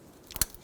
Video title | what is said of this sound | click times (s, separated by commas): How to Replace Radiator Fan Assembly 2007-2011 Toyota Camry 2.4L I4 | Connect the connector, push until you hear a click. | 0.4 s